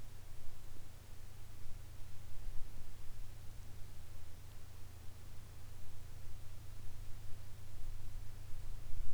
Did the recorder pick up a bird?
no